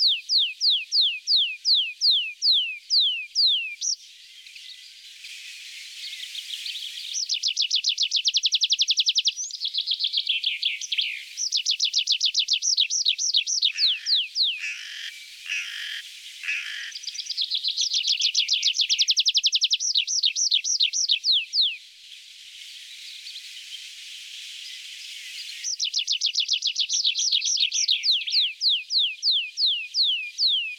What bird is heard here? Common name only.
Tree Pipit